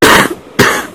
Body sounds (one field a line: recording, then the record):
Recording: coughing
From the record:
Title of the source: 31 night wet cough